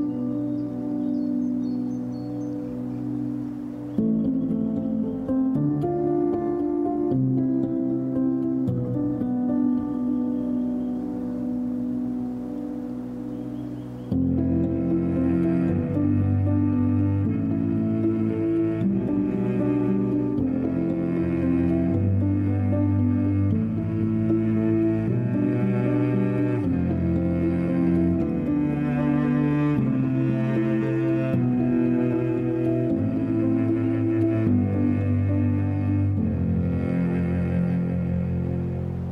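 Strings play slow, sustained chords that shift every second or two, low and warm in tone. The ensemble begins softly, then swells fuller and louder at about fourteen seconds, holding steady and dense through to the end.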